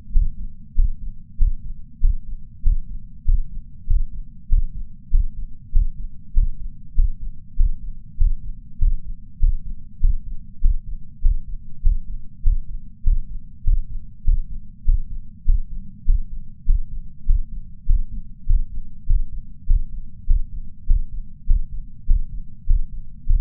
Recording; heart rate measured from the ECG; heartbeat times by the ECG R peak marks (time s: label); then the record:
heart sounds by patch sensor on the chest; 99 bpm
0.21 s: heartbeat
0.75 s: heartbeat
1.38 s: heartbeat
2.00 s: heartbeat
2.63 s: heartbeat
3.25 s: heartbeat
3.87 s: heartbeat
4.49 s: heartbeat
5.10 s: heartbeat
5.72 s: heartbeat
6.33 s: heartbeat
6.95 s: heartbeat
7.56 s: heartbeat
8.17 s: heartbeat
8.78 s: heartbeat
9.39 s: heartbeat
10.00 s: heartbeat
10.61 s: heartbeat
11.22 s: heartbeat
11.82 s: heartbeat
12.43 s: heartbeat
13.03 s: heartbeat
13.64 s: heartbeat
14.24 s: heartbeat
14.85 s: heartbeat
15.45 s: heartbeat
16.05 s: heartbeat
16.66 s: heartbeat
17.26 s: heartbeat
17.86 s: heartbeat
18.46 s: heartbeat
19.06 s: heartbeat
19.66 s: heartbeat
20.26 s: heartbeat
20.86 s: heartbeat
21.46 s: heartbeat
22.06 s: heartbeat
22.66 s: heartbeat
23.26 s: heartbeat
From the record:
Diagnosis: coronary artery disease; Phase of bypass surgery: intraoperative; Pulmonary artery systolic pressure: 30 mmHg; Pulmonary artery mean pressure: 20 mmHg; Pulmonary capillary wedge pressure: 14 mmHg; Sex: male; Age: 62 years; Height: 165 cm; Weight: 72 kg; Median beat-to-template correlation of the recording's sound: 0.95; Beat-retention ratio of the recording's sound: 0.98